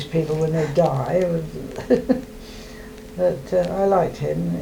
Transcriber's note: laughs